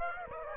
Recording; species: mosquito wingbeat signal from an infrared sensor; Aedes aegypti